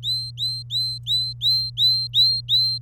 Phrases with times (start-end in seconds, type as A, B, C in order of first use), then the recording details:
0.03-2.78 A. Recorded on 27 April 2018 at 13:28. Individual llb3